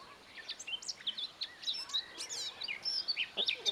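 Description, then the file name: Eurasian blackcap song, a busy stream of varied chirps, trills and short fluted whistles delivered without pause. "Sylvia atricapilla"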